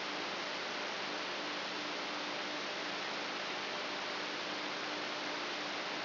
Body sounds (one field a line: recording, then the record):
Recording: brain microelectrode recording played as sound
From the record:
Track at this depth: inside the subthalamic nucleus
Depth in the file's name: 6.016 mm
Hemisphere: left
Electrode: 3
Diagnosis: Parkinson's disease